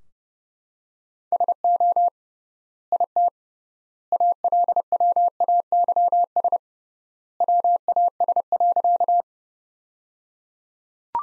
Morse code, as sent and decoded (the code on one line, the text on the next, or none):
... --- / .. - / .- .-.. .-- .- -.-- ... / .-- .- ... .-.-.-
SO IT ALWAYS WAS.